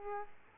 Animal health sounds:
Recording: mosquito wingbeat signal from an infrared sensor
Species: Aedes aegypti

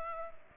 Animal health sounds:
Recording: mosquito wingbeat signal from an infrared sensor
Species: Culex pipiens

